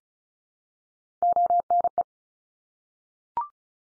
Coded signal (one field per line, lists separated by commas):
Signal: Morse code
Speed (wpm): 34 wpm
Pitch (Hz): 700 Hz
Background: none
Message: ONE